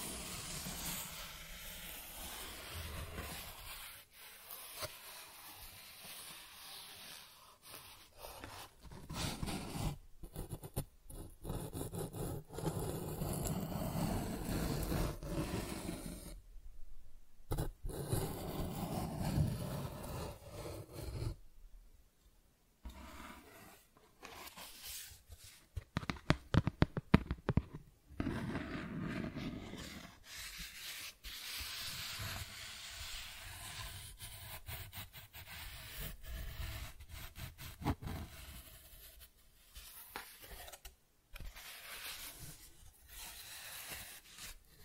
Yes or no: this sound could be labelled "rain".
no